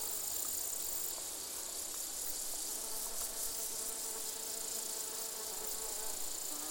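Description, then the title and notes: Insect chorus (bees, grasshoppers and crickets): a continuous high-pitched stridulating hiss, with a humming bee drone through the middle range. Bees, grasshoppers and crickets together in a gentle summer soundscape, recorded in an open meadow near the Col de Châtillon at 1680 metres altitude. "Siesta summer insect chorus. This gentle summer soundscape, featuring bees, grasshoppers and crickets, was recorded in an open meadow near the Col de Châtillon at an altitude of 1680 metres above sea level. Recorded by Colin Hunter. Part of the Music for Sleep project"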